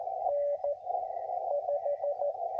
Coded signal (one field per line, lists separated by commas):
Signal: Morse code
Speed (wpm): 21 wpm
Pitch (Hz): 560 Hz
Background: radio noise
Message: N 5